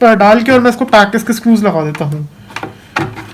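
An amplifier circuit board is pushed back into a Redmi bar speaker housing while someone talks. Two faint ticks at 2.6 s lead into a sharp knock at 3.0 s as the board bottoms out and seats in its place.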